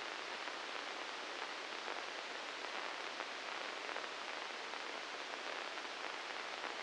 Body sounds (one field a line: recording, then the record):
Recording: brain microelectrode recording played as sound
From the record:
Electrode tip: inside the subthalamic nucleus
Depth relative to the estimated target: -1 mm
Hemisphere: right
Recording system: NeuroSet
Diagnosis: Parkinson's disease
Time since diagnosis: 19 years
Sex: female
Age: 69 years